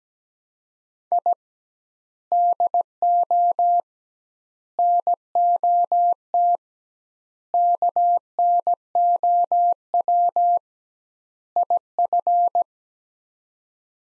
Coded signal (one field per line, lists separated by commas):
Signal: Morse code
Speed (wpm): 17 wpm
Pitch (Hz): 700 Hz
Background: none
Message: I DO NOT KNOW IF